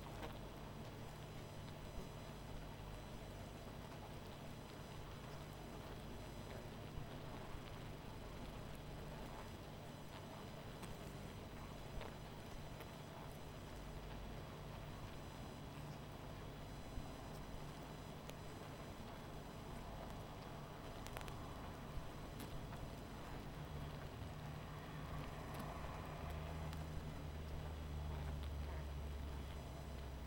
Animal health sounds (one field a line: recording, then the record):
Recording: honeybee colony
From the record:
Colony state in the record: missing queen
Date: 14 July 2017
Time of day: 19:48